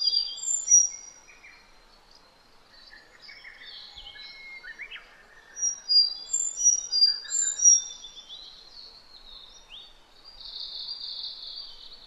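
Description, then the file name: Sakhalin leaf warbler song, thin high whistled notes in short bursts among a busy mix of other birds' chirps and trills. Recorded 14 June 2009 at 09:24. "ezomusikui-20090614-0924"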